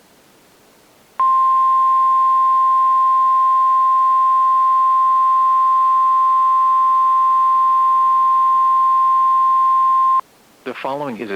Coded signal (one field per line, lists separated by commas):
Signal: Emergency Alert System (SAME) tones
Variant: 1050 Hz attention tone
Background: speech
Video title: (EAS#5) SPECIAL MERINE WARNING (02/27/2023)